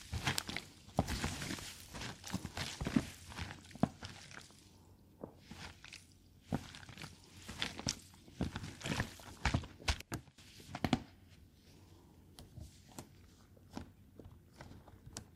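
Crinkling, squeezing and scratching sounds come in dense bursts early, then thin into sparser sharp taps and scrapes with short quiet gaps.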